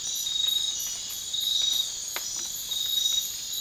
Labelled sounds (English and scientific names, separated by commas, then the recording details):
none
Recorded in dense forest near Puerto Asís, Putumayo, Colombia, on 12 March 2025 at 03:00
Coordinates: 0.500, -76.322
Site GP06